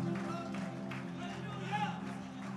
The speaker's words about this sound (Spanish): Ese aplauso de alabanza al Señor. Aleluya.